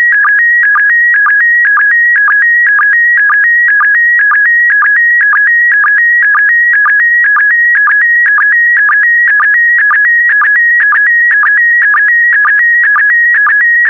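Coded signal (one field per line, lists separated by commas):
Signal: SSTV (slow-scan television)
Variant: PD120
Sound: steady warbling tone stepping between two pitches, with short low blips about twice a second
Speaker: complete you can now check your decoded image against the picture that is shown on the video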